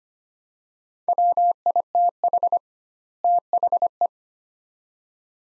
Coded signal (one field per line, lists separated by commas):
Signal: Morse code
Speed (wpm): 25 wpm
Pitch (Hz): 700 Hz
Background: none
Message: WITH THE